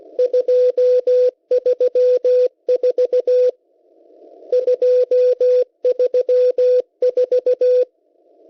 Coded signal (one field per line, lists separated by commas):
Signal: Morse code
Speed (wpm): 16 wpm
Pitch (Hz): 500 Hz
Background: radio noise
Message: 234 234